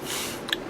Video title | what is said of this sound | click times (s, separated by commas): Dark Knight Quick Tek Deluxe Batman Figures - Combat Claw Tank Blaster Toy Review | so once you hear the click it's | 0.5 s